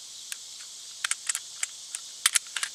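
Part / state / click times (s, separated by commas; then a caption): recoil spring guide rod into pistol slide/barrel / not seated / none. A pistol slide holding the recoil spring and guide rod is put back onto an FNS 9C frame and locked to the rear, producing a series of light, sharp handling and slide taps, with the loudest hits near 2.3 and 2.4 seconds. The guide rod has not seated and nothing has clicked into place, so the step has to be redone.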